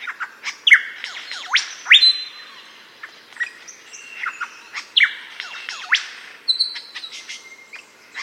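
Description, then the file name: Superb lyrebird singing a varied run of loud whistles, downward-sweeping notes and sharp cracking sounds, changing rapidly from phrase to phrase. "superb lyrebird locklate song"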